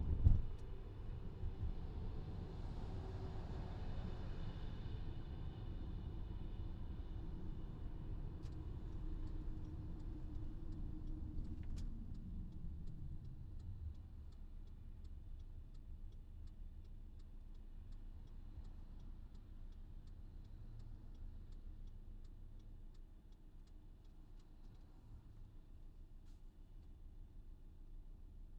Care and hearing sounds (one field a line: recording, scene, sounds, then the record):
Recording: everyday scene through a hearing-aid microphone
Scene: in a vehicle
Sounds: engine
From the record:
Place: VW T5 Caravelle, diesel engine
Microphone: in the ear canal, left